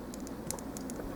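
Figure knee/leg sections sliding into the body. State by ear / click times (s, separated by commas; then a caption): not seated / none. The plastic knee and leg sections of a transforming figure are handled and slid up toward the body, giving a soft patter of small plastic ticks and rattles, with sharper taps at about 0.5, 0.8 and 0.9 seconds. Nothing has seated or clicked into place yet.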